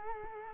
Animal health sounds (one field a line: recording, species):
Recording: mosquito wingbeat signal from an infrared sensor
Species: Culex quinquefasciatus